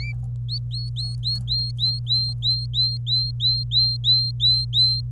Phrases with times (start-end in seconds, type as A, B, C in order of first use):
0.48-5.01 A